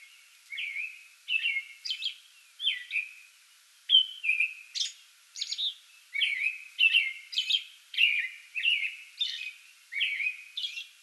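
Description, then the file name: American robin caroling: repeated liquid whistled phrases, some sliding downward, mixed with sharp high squeaky notes in a steady stream. Pre-dawn song bout, recorded 8 May 2022. "2022-05-08 American Robin pre-dawn song bout"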